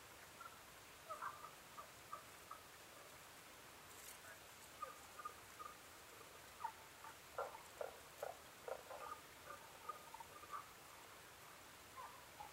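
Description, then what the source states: Tago's brown frog calls, scattered short knocking notes in irregular runs over a hissing background, with a brief click partway through. Recorded 15 May 2011 at 02:19.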